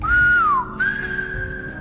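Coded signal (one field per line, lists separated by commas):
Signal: whistled language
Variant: Silbo Gomero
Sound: two clear whistled glides, the first falling, then a rising held whistle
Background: low background hum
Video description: Kanarya Adaları'na has bir ıslık dilini öğrenmek zorunda kalan polis memuru Cristi'nin hikâyesini anlatıyor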